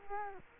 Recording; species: mosquito wingbeat signal from an infrared sensor; Culex quinquefasciatus